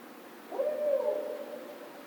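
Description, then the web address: Barred owl calling one long hoot that opens with a quick rising lead-in, then stays level and slowly tails off, with faint steady hiss behind it. Recorded 16 March 2010. "Barred Owl 2010 03 16 Barred Owl"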